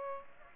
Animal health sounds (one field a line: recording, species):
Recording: mosquito wingbeat signal from an infrared sensor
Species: Aedes aegypti